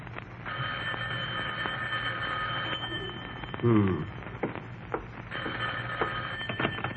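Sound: telephone ringing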